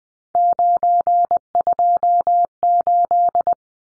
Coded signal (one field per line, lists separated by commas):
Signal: Morse code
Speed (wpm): 20 wpm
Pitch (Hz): 700 Hz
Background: none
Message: 928